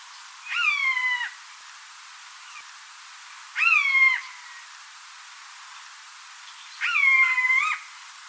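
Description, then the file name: Eurasian jay mewing calls: three drawn-out, nasal, harmonic mews, each sliding slightly downward, spaced about three seconds apart against a light hiss. "Garrulus glandarius"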